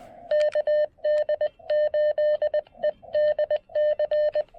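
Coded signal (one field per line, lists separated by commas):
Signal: Morse code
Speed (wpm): 20 wpm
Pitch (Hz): 600 Hz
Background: none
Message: KD8EDC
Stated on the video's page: QRP Parks on the Air activation working DX with a Chelegance MC-750 and Xiegu G106, including 17 meters.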